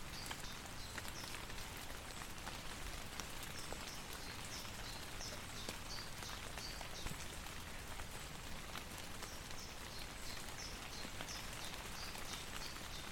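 Rain falls through trees onto the forest floor in a steady, dense patter that holds even for the whole stretch. Countless small drops tick and splash with a soft low rush beneath, and faint high chirps, likely birds, recur throughout.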